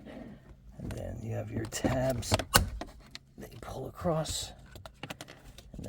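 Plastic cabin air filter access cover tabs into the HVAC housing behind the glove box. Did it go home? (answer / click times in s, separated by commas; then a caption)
yes / 4.9 s. Someone talks while the plastic cabin air filter access cover on a 2020-2023 Ford Explorer, Escape or Bronco Sport is closed behind the glove box after the filter goes back in, and its tabs are pulled across into the HVAC housing. Several short plastic clicks and taps follow, with the tabs snapping into place and latching at 4.9 s. The cover is seated.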